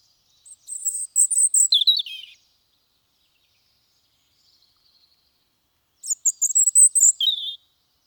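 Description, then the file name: European robin giving two high, silvery warbled phrases with falling, twittering notes, separated by several seconds of near silence. "Erithacus rubecula"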